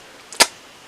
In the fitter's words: sound not a bad snap that yeah like a Lego snap and